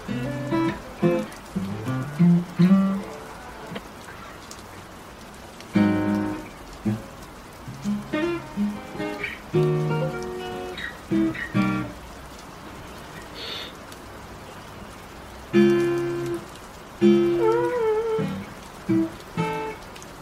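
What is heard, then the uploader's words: Guitar strums and a singing voice come in short phrases with pauses, over a steady hiss of rain that never stops. Playing the guitar and singing while it's raining.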